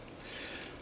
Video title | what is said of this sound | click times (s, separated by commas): hi nu ver ka review by the animetropolis | there we go I heard a click so that should help | 0.6 s